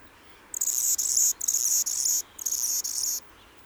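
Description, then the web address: Anna's hummingbird delivering three loud, raspy, high-pitched buzzing phrases, each under a second long, with short gaps between them. "xeno-canto colibri d anna"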